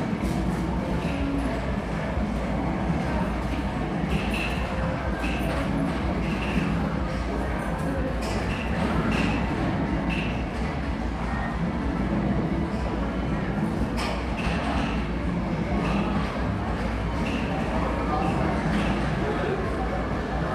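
A gaming arcade fills the air with a dense, steady wash of overlapping chatter and low rumble, dotted with short bright clicks and beeps throughout.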